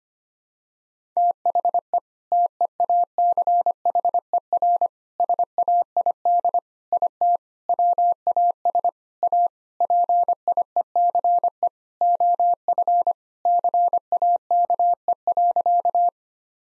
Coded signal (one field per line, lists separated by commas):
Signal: Morse code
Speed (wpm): 25 wpm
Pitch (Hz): 700 Hz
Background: none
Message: THE TEACHER SAID IT WAS A PIECE OF CAKE.